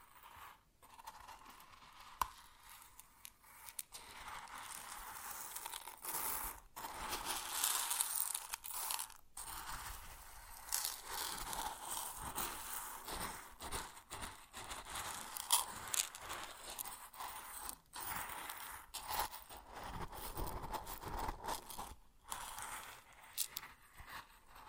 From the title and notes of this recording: ASMR Grain Sounds (No Talking).